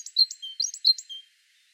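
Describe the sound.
Great tit calling briefly with a few sharp high chips and lower whistled notes, fading out after about a second.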